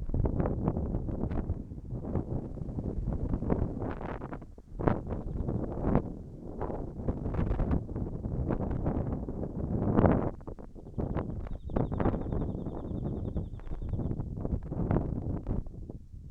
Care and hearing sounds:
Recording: everyday scene through a hearing-aid microphone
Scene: wind on the microphone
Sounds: wind, birds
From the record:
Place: in front of a rural house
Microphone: behind the ear, right, front

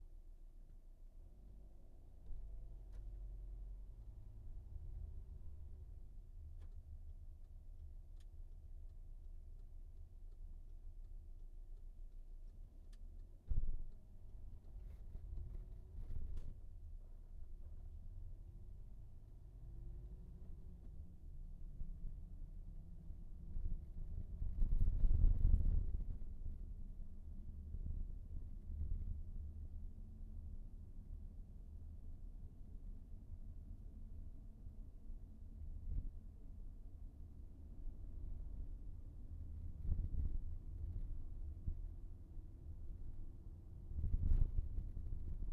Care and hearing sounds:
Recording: everyday scene through a hearing-aid microphone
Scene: in a vehicle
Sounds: engine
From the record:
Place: VW T5 Caravelle, diesel engine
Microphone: behind the ear, right, front

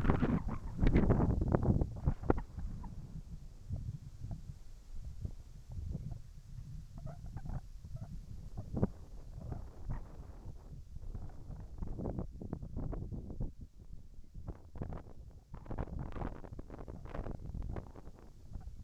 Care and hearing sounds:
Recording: everyday scene through a hearing-aid microphone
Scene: wind on the microphone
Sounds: wind, whistling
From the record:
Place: in front of a rural house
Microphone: behind the ear, right, front

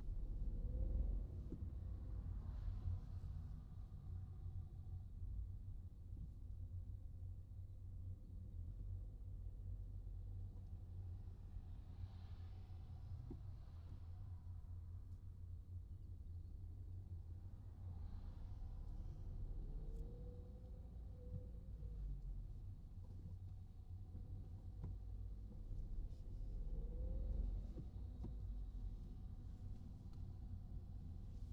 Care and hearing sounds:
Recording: everyday scene through a hearing-aid microphone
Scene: in a vehicle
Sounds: engine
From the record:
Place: Skoda Fabia, gasoline engine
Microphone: in the ear canal, right

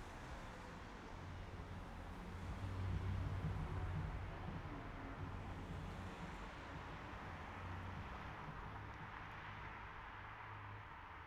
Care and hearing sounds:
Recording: everyday scene through a hearing-aid microphone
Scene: in traffic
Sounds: traffic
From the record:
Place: city secondary road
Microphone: behind the ear, right, front

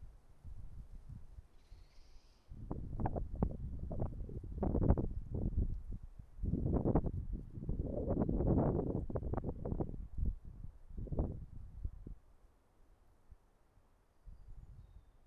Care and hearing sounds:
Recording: everyday scene through a hearing-aid microphone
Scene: wind on the microphone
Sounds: wind, traffic, birds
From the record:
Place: suburban garden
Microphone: behind the ear, right, rear

